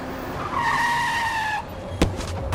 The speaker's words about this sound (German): Als ich das Haus verließ, hatte ich kein Auto gesehen. Wie aus dem Nichts kam der Wagen auf mich zugerast. In der kleinen Wohnstraße, mitten im Neubaugebiet.